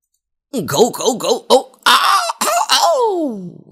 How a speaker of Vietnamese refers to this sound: Bỗng nhiên có mấy tiếng ho nhẹ như là ho gà cắt ngang sự yên tĩnh.